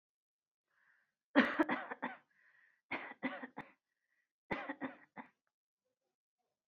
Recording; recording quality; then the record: shallow voluntary cough; excellent, no background noise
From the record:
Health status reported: exposed to COVID-19, no respiratory illness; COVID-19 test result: not tested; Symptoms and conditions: cough, muscle pain, loss of smell and taste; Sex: female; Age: 27 years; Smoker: not ticked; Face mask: not worn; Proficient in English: yes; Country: India